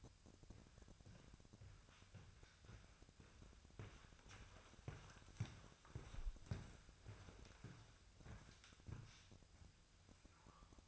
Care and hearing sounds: daily activity, microphone in the room; walk to room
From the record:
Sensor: 2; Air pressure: 999.4 hPa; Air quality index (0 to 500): 193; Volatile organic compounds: 25 ppm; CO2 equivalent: 2848 ppm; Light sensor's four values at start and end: 7/17/7/7 and 7/17/7/7

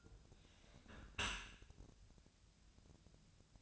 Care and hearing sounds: daily activity, microphone in the room; close dishwasher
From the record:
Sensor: 2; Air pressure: 1006.6 hPa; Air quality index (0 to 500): 202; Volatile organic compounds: 14 ppm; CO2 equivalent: 2466 ppm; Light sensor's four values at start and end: 9/21/9/9 and 9/21/9/9

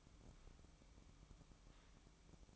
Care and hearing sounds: daily activity, microphone in the room; take from stove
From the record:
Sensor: 1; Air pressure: 1008.0 hPa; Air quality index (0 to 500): 130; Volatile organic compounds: 2 ppm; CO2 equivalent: 1097 ppm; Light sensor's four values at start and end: 8/20/8/9 and 8/20/8/9

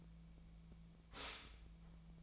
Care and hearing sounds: daily activity, microphone in the room; stop toaster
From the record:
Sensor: 1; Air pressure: 1009.3 hPa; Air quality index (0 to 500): 196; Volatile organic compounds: 19 ppm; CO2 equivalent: 2669 ppm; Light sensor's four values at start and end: 27/70/29/35 and 27/70/29/35

